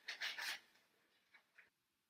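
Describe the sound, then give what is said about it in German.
A cat scratching in a litter box: a burst of dry, gritty raking strokes, then a pause and two shorter scrapes. Fairly quiet, with no voices. “Katze, kannst du auf die andere Toilette gehen? Du bist echt laut.”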